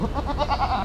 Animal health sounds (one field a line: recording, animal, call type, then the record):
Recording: contact call of a hoofed animal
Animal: goat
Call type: low-frequency (closed-mouth) or high-frequency (open-mouth) call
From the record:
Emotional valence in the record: negative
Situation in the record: short social isolation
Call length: 0.85 s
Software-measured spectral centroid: 1690 Hz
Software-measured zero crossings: 1330 a second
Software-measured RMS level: -24 dBFS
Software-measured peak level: -10 dBFS